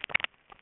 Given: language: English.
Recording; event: throat vibration sensor signal played as sound; swallow